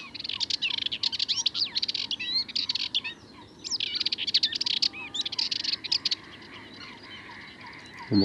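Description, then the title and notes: Sardinian warbler song, rapid scratchy chattering phrases with quick whistled slurs, two long bursts separated by a short pause, a faint thump at the end. Bird in the Camargue, France, 22 March 2019, at twilight before full daylight, a long, incredibly nervous and rapid song; recorded with a parabolic reflector. "Le Charnier - Camargue. une Fauvette mélanocéphale (Sylvia melanocephala)"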